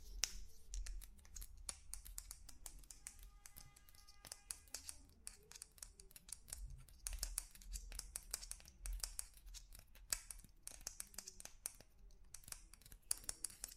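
Tapping on different objects, with quick, sharp clicks and taps coming in irregular bursts throughout, some dense clusters and brief pauses. A steady low rumble sits underneath, and around the four-second mark a faint ringing tone briefly accompanies the taps.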